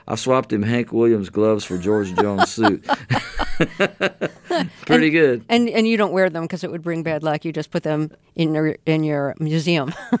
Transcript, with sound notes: So I swapped him Hank Williams's gloves for George Jones' suit.
(LAUGHTER)
Pretty good.
And you don't wear them 'cause it would bring bad luck. You just put them in your museum.